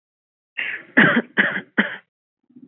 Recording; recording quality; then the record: shallow voluntary cough; excellent, no background noise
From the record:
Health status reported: COVID-19 positive, no symptoms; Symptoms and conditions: sore throat, fatigue, muscle pain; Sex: female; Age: 24 years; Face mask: not worn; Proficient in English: yes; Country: India